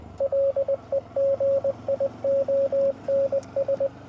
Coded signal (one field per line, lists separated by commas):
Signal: Morse code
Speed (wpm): 20 wpm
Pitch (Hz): 550 Hz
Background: radio noise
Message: LEGIONS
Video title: Honda Monkey in search of Morse Code Mountainside Pt3